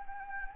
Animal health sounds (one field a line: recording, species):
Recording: mosquito wingbeat signal from an infrared sensor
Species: Anopheles gambiae